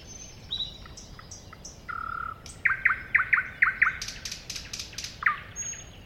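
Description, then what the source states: Thrush nightingale song starting with soft high notes and a steady whistle, then a run of loud knocking notes and a buzzy churr. Recorded at a woodland edge next to a lake.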